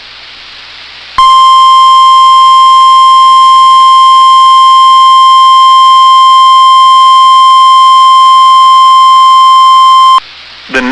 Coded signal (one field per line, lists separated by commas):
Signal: Emergency Alert System (SAME) tones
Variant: 1050 Hz attention tone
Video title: [EAS Compilation] Severe Thunderstorm Warnings on NOAA Weather Radio WXM99 6 August